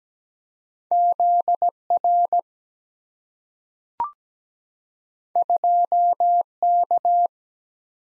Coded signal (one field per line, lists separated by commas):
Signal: Morse code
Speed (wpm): 17 wpm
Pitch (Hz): 700 Hz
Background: none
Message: ZR 2K